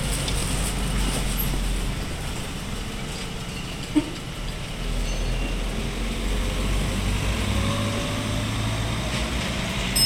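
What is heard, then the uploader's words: Steady low traffic rumble fills a weekday high street as vehicles pass, the roar dipping slightly mid-clip. A single sharp knock lands around four seconds, and faint higher sounds drift over the constant street noise. Earlsdon: Traffic along the high street, to the birds on Albany Road. A simple weekday morning as we walk along Earlsdon High street - pass the shops, pubs and workmen - towards a noisy hedge on Albany Road, with some tweeting visitors. The cars and buses pass us none the wiser. The recordings were captured using a binaural microphone between January and April 2022.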